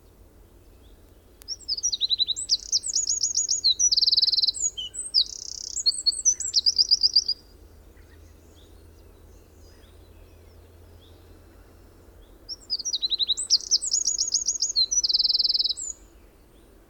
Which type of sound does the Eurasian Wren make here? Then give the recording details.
song. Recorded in the wild. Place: Ralswiek, Mecklenburg-Vorpommern, DE. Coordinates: 54.475, 13.446. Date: 1975-04-12 05:45. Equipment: Nagra III BH, Sennheiser MD 21, parabola. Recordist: Schubert, Michael. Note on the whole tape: Gesang Zaunkönig